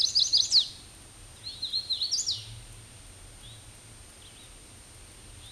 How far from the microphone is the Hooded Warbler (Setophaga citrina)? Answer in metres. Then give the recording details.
about 15 m. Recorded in a Pennsylvania forest on 18 May 2023 at 07:35. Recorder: AudioMoth, point grid1_31_low. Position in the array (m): 146 m, 109 m